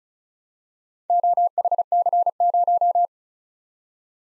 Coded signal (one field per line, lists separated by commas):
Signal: Morse code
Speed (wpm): 36 wpm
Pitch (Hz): 700 Hz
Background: none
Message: OHC0